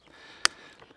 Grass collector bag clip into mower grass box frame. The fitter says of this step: you hear the clicking noise